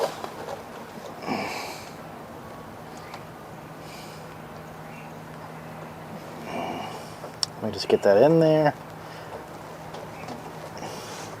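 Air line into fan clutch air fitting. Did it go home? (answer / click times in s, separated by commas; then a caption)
no / none. Someone talks while handling a replacement air line at the push-in air fitting on the fan clutch of a 2014 Freightliner M2 truck engine, with a sharp tap at 7.4 s and a louder burst of sound around 8 to 8.7 s. The air line has not seated or clicked into the fitting yet.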